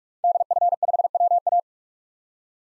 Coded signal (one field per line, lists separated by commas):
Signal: Morse code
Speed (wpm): 42 wpm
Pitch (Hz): 700 Hz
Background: none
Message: DF5WA